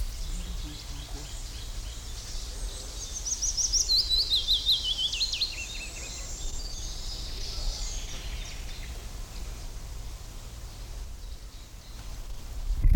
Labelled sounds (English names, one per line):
Eurasian Wren